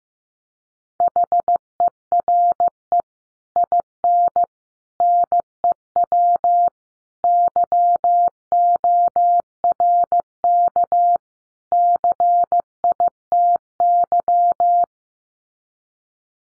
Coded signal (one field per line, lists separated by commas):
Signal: Morse code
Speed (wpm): 15 wpm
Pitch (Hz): 700 Hz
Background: none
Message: HERE IN NEW YORK CITY